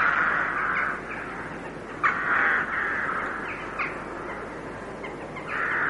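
Carrion crow producing raspy caws in quick succession, two sharper notes midway, the harsh calls running nearly continuously.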